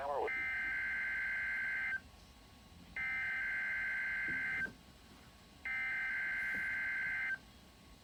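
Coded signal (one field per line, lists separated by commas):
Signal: Emergency Alert System (SAME) tones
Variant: header bursts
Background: speech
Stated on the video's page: Required Weekly Test from a NOAA Weather Radio station, with added severe weather awareness information.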